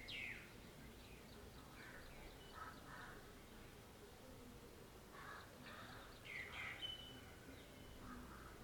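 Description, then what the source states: Birds chirping, with scattered short chirps and a few louder bursts near the start and around six to seven seconds, over a steady low background hiss. Birds recorded in the morning, June 2009.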